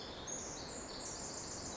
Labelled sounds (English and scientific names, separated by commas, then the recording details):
Pacific Wren (Troglodytes pacificus)
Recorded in Sonoma County, California